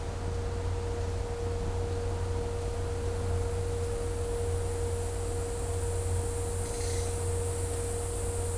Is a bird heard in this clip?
no